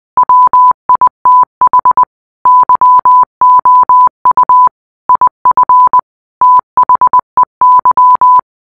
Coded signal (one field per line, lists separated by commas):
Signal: Morse code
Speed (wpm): 20 wpm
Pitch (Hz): 1000 Hz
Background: none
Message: WITH YOU IF THEY